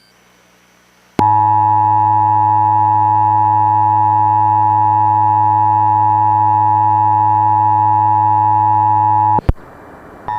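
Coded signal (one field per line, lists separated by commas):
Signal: Emergency Alert System (SAME) tones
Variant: 853 and 960 Hz attention tone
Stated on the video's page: Mock EAS test with a custom on-screen display made for HollyAnne and DASDEC encoders; not a real alert.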